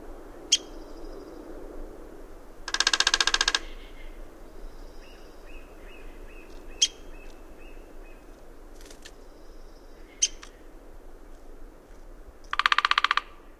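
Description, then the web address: Downy woodpecker giving sharp single pik notes spaced several seconds apart, with two short rapid drumming bursts of dense taps, faint chatter of other birds beneath. North America, western region. "Songs of Birds of North America Know Your Bird Sounds Common Western Species. Downy Woodpecker"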